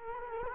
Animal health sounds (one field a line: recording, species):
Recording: mosquito wingbeat signal from an infrared sensor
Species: Culex quinquefasciatus